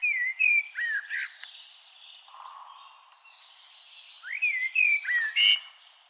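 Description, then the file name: Common blackbird song: two bursts of clear, fluty whistled notes, with a quieter low warble and soft twittering between them. "Turdus merula"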